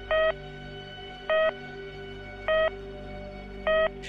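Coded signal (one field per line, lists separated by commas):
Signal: channel marker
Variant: The Pip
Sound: short buzzy pips repeating roughly every 1.2 seconds, four heard, over a faint drone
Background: radio static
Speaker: aussi leur propre channel marker comme The Peep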